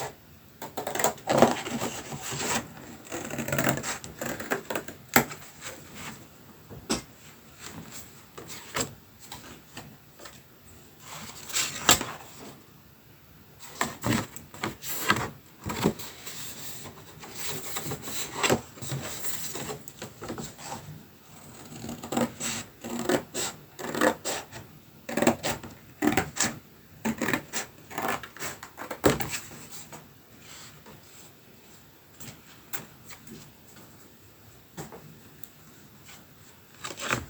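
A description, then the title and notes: Scissors cutting, hole punching and ribbon handling, heard as a run of short, sharp snips and scraping rubs. They come in irregular bursts, busiest around the first few seconds and again near 12, 15–20 and 25–29 seconds, with quiet gaps between. Sound spa of scissor cuts, hole punching and ribboning - for mindfulness and ASMR.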